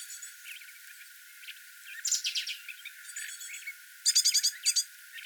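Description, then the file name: Great tit harsh churring chatter, a rough burst near the middle then a louder rapid stuttered series near the end, over soft background twittering. "Parus major"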